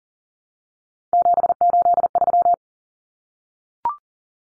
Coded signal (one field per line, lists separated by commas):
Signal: Morse code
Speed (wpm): 40 wpm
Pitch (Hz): 700 Hz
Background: none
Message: 783